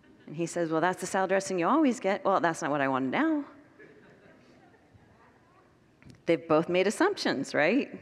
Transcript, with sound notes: And he says, “Well, that’s the salad dressing you always get.” “Well, that’s not what I wanted now.” [Congregants laugh] They both made assumptions, right?